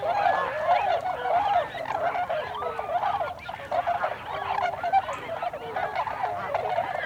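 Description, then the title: Tundra swans in a dense, steady chorus, many mellow hooting calls layered and overlapping throughout, without any break in the noise. Recorded 26 December 2020. "2020-12-26-Tundra-Swans"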